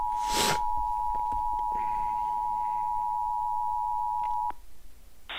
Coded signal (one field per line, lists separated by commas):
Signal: Emergency Alert System (SAME) tones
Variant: 853 and 960 Hz attention tone